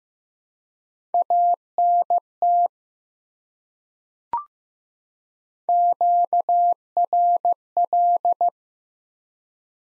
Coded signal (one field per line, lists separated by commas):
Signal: Morse code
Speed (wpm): 15 wpm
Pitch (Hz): 700 Hz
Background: none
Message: ANT QRL